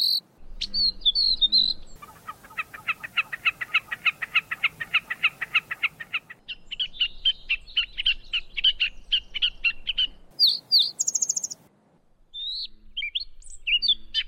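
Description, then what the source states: Lark singing a long, rapid trill of repeated notes, followed by mixed chirps and high sharp whistles, a brief silence, then more high notes. Masteran tutor recording for training songbirds.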